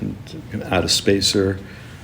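During hand-setting of letterpress type, a metal spacer and metal type pieces are being handled to go into a metal composing stick, while someone talks over a faint steady background hum. Nothing has seated or clicked into the stick yet.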